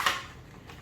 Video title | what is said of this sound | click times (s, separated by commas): Pack with me / Road trip with 2 toddlers / All the snacks! | see i think they come out and lock yes so they come out and they lock into place | 0.1 s